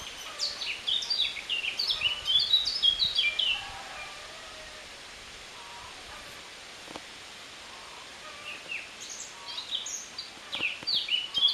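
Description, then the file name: Eurasian blackcap song: a lively burst of warbled, twittering notes for about three and a half seconds, a long quiet gap, then softer scattered phrases returning near the end. "Sylvia atricapilla"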